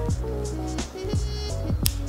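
The tongue of a figure-eight box lock on a ShopGld tri-colored diamond metal Cuban link necklace is pushed into its clasp box over steady background music, with a soft sound at about 0.8 s. It snaps shut and seats with a sharp, bright click at 1.9 s.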